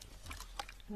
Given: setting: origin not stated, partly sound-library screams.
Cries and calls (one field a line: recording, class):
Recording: one-second piece from a danger detection set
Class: normal situation